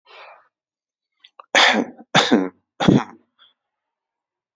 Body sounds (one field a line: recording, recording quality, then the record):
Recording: shallow voluntary cough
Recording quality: excellent, no background noise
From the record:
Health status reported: exposed to COVID-19, no respiratory illness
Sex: male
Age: 26 years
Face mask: not worn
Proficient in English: yes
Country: India